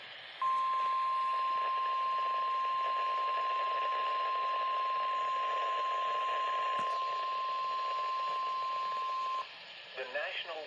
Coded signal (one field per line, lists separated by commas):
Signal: Emergency Alert System (SAME) tones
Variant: 1050 Hz attention tone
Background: speech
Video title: Even more alerts EAS Alerts 32-35 4/8/20